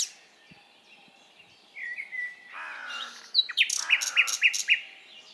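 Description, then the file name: Common nightingale song: soft whistles and a rasping phrase, then a series of loud, sharp repeated notes in quick succession. "Luscinia megarhynchos"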